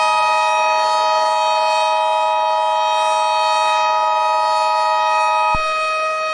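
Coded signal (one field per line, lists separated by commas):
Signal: Emergency Alert System (SAME) tones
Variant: 853 and 960 Hz attention tone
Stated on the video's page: Simulated EAS scenario, not a real alert.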